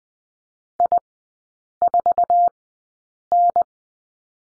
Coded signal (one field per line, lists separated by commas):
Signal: Morse code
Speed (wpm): 20 wpm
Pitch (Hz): 700 Hz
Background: none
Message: I4N